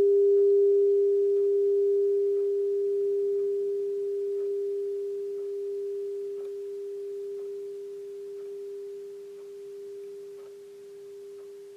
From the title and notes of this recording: Crystal Bowls Blessings. They were all raw recording out of smartphone, no post editing. Those recordings were collected between Mt Shasta and Sedona events.